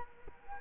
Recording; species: mosquito wingbeat signal from an infrared sensor; Culex quinquefasciatus